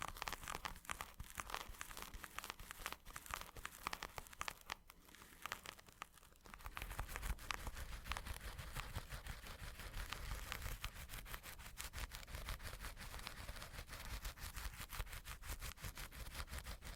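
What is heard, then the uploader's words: Busy scratching fills the whole recording, a dense stream of short dry rasps and crinkly scrapes. Around six seconds there is a brief quieter gap, then the scratching resumes with a deeper low rumble underneath, steady and fast through the end. ASMR Mini Scratching (NO TALKING).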